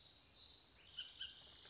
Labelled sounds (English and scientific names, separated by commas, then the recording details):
Bullock's Oriole (Icterus bullockii)
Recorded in Sonoma County, California